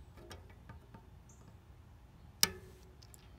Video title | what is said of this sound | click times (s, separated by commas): How to Remove Reflectors from your Bike Wheel Spoke | so that noise right there then you can just pop out that middle piece push that towards the center and that avoids | 2.4 s